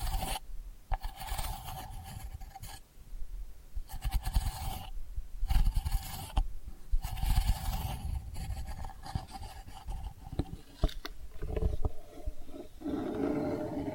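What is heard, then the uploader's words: Delicate scratching fills the clip with dense, rough rasping strokes, broken by brief near-silent gaps around two, four and six seconds. A thin steady tone hums underneath for most of it, and sharp clicks and taps appear near the end. ASMR Delicate Scratching for Sleep (No Talking).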